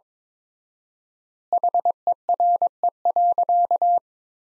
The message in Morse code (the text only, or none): HERE.